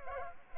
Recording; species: mosquito wingbeat signal from an infrared sensor; Culex quinquefasciatus